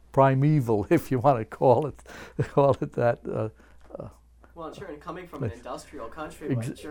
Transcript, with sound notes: primeval, if you want to call it, call it that. (he laughs)
Well, and sure, coming from an industrial country like Germany...